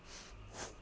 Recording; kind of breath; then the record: one breath in and out by a microphone near the nose and mouth; strong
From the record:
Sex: female